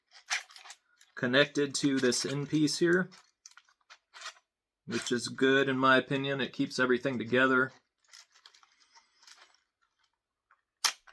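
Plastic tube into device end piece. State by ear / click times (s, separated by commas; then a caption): seated / 10.9 s. Someone talks while a plastic tube is pushed into the plastic end piece of a Hog Extender device, with a few light handling sounds. A sharp snap at 10.9 s marks the tube seating snugly in the end piece.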